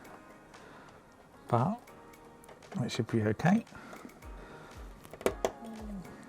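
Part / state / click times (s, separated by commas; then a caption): front panel USB-C cable plug into motherboard header / seated / 5.3 s, 5.5 s. After the cable is routed, a front-panel USB-C cable plug is pushed into its motherboard header while someone talks over background music. Two sharp clicks at 5.3 s and 5.5 s mark the plug seating in the header.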